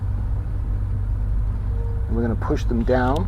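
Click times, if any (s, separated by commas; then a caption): none. Slotted wooden grill strips for a model ship kit's hatch grill are lined up to interlock before being pushed down. A steady low rumble runs throughout, and someone talks in the last second and a half. Nothing has seated or clicked yet.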